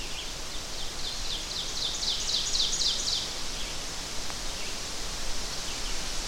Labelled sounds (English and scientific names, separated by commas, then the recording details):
Ovenbird (Seiurus aurocapilla) song
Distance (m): 35 m
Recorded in boreal forest in Alberta, Canada, on 12 June 2016 at 06:00
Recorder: SongMeter 3, array SBT-3-18
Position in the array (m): 229 m, 89 m
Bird 31